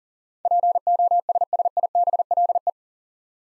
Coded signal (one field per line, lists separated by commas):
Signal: Morse code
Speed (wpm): 40 wpm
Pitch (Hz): 700 Hz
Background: none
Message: POSSIBLE